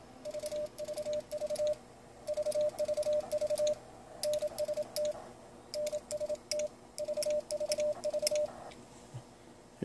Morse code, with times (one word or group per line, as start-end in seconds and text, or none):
0.3-1.7 VVV
2.3-3.7 VVV
4.2-5.1 NST
5.8-6.7 NST
7.0-8.5 VVV